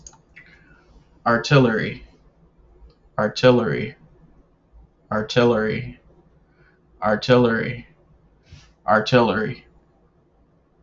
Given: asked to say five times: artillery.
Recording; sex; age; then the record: repeated word; male; 30 to 39 years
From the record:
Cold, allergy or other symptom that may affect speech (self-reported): no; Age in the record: 35 years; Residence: Illinois, United States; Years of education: 14